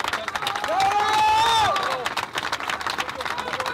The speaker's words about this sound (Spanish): aquí nuestro compañero le queremos hacer nuestro último homenaje y un aplauso para Alejandro